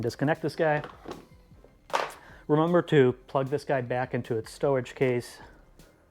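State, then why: Not seated. Someone talks while handling a BMW motorcycle's diagnostic connector after the GS911 tool is disconnected, about to push it back into its plastic stowage holder under the seat. A sharp knock is heard near 2.0 seconds, with faint taps near the end. Nothing has seated or clicked into the holder yet.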